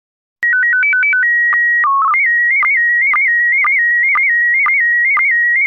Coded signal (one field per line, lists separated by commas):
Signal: SSTV (slow-scan television)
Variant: PD 120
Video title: Slow Scan Radio, 19 September 2018, with SSTV and data